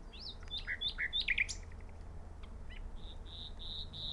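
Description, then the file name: Common nightingale: songbird phrase of quick chirps and warbled notes, followed by a string of steady, evenly spaced high whistles. "Luscinia megarhynchos"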